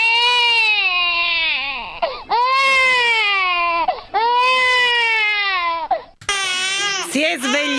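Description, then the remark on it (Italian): A baby cries loudly in four long, high-pitched wails, each falling away into a quick gasp for breath before the next one starts. The crying runs on its own, with no talking. “Che cosa si fa quando il pupo si sveglia? Lo prendiamo in braccio? Lo lasciamo piangere?”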